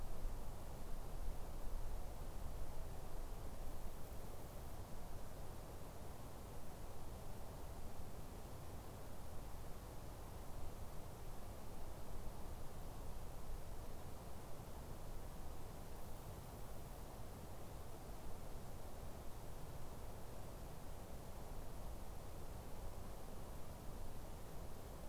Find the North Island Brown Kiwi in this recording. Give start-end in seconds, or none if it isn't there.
none